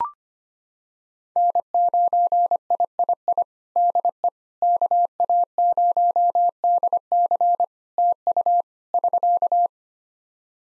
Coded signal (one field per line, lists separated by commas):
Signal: Morse code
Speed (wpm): 25 wpm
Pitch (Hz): 700 Hz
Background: none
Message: N9III DE KA0DC TU <SK>